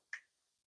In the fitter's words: But it made that snap sound so we know we safe.